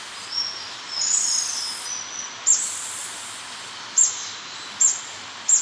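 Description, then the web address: Spotted barbtail calls: a faint high trill early on, then several sharp, very high single chips spaced out over a steady hiss. Recorded in Ecuador. "Birds of Ecuador. Spotted Barbtail"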